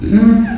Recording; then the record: squeal of a Yucatan mini pig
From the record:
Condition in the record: after surgery on the right vocal fold (resection and tissue-engineered implant); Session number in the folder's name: 1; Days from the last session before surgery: 13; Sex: female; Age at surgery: 19 weeks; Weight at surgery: 25 kg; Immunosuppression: prednisolone